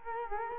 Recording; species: mosquito wingbeat signal from an infrared sensor; Culex quinquefasciatus